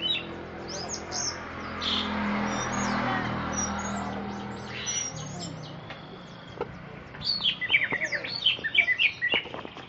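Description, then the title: Oriental magpie-robin song: varied high whistled and chirping phrases, sparse at first and then a dense burst of rapid notes near the end, over steady background hiss. "Kicau Kacer"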